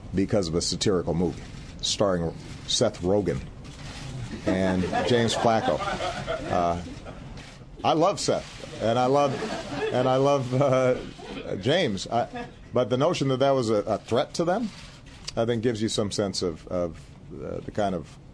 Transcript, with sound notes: because of a satirical movie starring Seth Rogen and James Flacco. (LAUGHTER) I love Seth and I love James, but the notion that that was a threat to them I think gives you some sense of the kind of